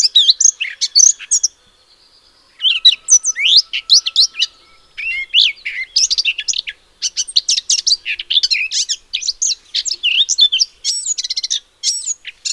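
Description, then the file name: Eurasian blackcap song in repeated bursts of rapid, varied warbling separated by short pauses, with a faint steady tone in the background. "Sylvia atricapilla"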